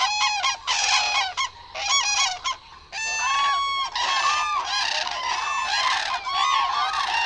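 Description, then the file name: Common crane trumpeting, several birds calling in overlapping loud rolling bugles almost continuously, with short pauses between bursts. "zuraw"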